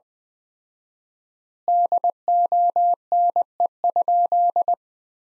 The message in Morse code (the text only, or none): DONE?